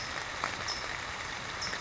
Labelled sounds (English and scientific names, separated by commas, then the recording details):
California Towhee (Melozone crissalis)
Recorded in Sonoma County, California